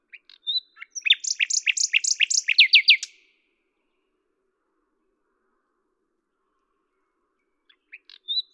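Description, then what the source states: Common nightingale song: a rapid series of loud repeated chirps, then silence before a new phrase begins. At Lavours, France, on 10 May 1998; Tascam DAP-1 with Télingua microphone, edited in Samplitude 5.1.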